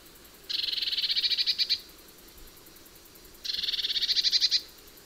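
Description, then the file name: Eurasian blue tit uttering two dry, rattling churrs of quick ticking pulses, about three seconds apart. "Cyanistes caeruleus"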